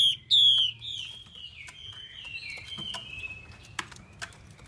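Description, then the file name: Chinese hwamei giving loud falling whistles at the start, followed by softer sustained warbling and occasional sharp ticks. Female hwamei calling, a sound used to stimulate male birds. "Tieng chim hoa mi mai kich trong"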